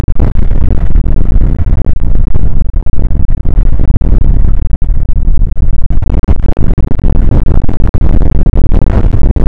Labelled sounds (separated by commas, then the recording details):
wind
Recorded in the Prudhoe Bay oil fields, Alaska, on 29 May 2019 at 00:01
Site 25